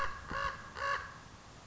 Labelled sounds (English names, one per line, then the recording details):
Common Raven
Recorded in Sonoma County, California